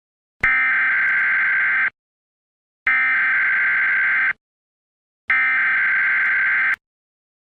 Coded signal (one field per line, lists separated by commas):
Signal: Emergency Alert System (SAME) tones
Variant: header bursts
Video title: THE PURGE EAS